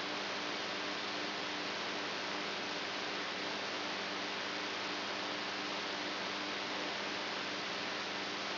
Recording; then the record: brain microelectrode recording played as sound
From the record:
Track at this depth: outside the subthalamic nucleus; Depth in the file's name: 7.304 mm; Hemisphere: right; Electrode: 2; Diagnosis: Parkinson's disease